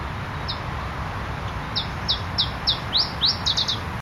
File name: iberischer zilpzalp